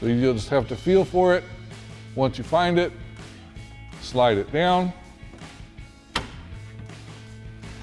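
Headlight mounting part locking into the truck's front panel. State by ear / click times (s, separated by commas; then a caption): seated / 6.2 s. Someone talks while working blind behind a Raxiom Axial Series LED headlight with black housing on a 2009-2018 RAM 1500, feeling for the hidden headlight mounting part and sliding it down. At 6.2 s a single sharp click is heard as the part locks into place in the truck's front panel, and it is seated.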